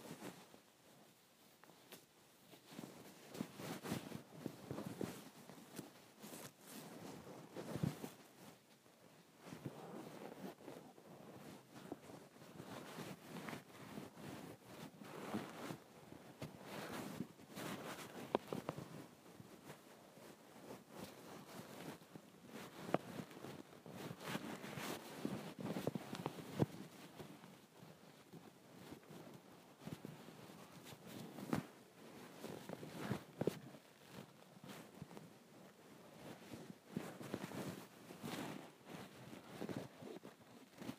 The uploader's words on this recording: ASMR Folding and Tossing my Comforter.